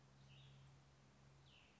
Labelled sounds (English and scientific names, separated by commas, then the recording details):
Cassin's Vireo (Vireo cassinii)
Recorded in Sonoma County, California